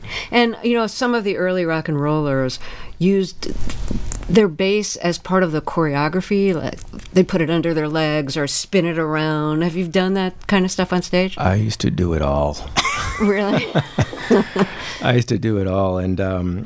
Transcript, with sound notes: And, you know, some of the early rock 'n' rollers used their bass as part of the choreography. They put it under their legs or spin it around. Have you done that kind of stuff onstage?
I used to do it all.
(LAUGHTER)
Really?
I used to do it all.